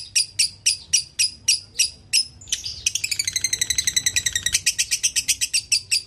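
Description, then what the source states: Canary singing: evenly spaced high chips at first, then a quicker rolling trill of layered, bubbling notes. Canary song made as a masteran (training track for songbirds).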